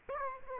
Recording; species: mosquito wingbeat signal from an infrared sensor; Aedes aegypti